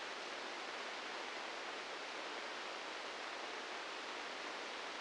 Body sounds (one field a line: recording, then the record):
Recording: brain microelectrode recording played as sound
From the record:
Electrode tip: inside the subthalamic nucleus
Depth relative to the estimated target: -3 mm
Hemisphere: right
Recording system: NeuroSet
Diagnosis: Parkinson's disease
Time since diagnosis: 15 years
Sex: female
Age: 59 years